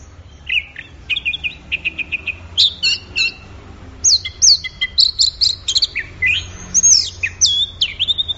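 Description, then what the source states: Orange-headed thrush song: runs of rapid repeated trilled notes followed by loud, varied whistled slurs and swooping phrases delivered almost without pause. Orange-headed thrush in full song (gacor teler), offered as a training recording for songbirds; part of an offline thrush-sound collection.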